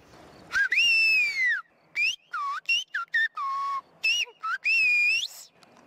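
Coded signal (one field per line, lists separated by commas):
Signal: whistled language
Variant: Aas whistled Gascon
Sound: loud human whistles gliding up and down in about ten phrase-like segments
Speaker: avant même de les voir vous pouvez les entendre d'étonnantes mélodies qui sont en fait de vraie discussions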